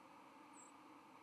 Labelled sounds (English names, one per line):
White-throated Sparrow flight call